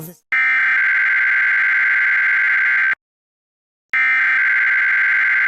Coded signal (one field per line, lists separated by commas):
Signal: Emergency Alert System (SAME) tones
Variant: header bursts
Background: speech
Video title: (Livestream EAS #8) State of Nevada RMT (Reno PBS)